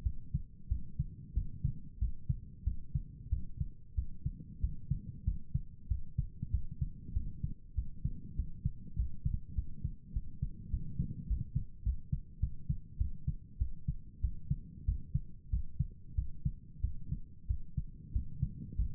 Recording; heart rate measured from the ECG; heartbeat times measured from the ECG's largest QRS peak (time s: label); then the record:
heart sounds by stethoscope; 96 bpm
0.03 s: heartbeat
0.68 s: heartbeat
1.33 s: heartbeat
1.98 s: heartbeat
2.63 s: heartbeat
3.29 s: heartbeat
3.94 s: heartbeat
4.60 s: heartbeat
5.24 s: heartbeat
5.87 s: heartbeat
6.50 s: heartbeat
7.13 s: heartbeat
7.74 s: heartbeat
8.35 s: heartbeat
8.95 s: heartbeat
9.54 s: heartbeat
10.12 s: heartbeat
10.69 s: heartbeat
11.26 s: heartbeat
11.83 s: heartbeat
12.39 s: heartbeat
12.97 s: heartbeat
13.58 s: heartbeat
14.20 s: heartbeat
14.85 s: heartbeat
15.49 s: heartbeat
16.15 s: heartbeat
16.80 s: heartbeat
17.47 s: heartbeat
18.12 s: heartbeat
18.75 s: heartbeat
From the record:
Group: healthy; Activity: rest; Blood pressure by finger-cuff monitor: 102/76 mmHg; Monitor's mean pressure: 85 mmHg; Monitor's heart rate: 94 bpm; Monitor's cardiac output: 7.2 L/min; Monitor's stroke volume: 77 mL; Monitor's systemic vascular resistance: 860 dyn s/cm5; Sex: male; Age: 19 years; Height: 178 cm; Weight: 83 kg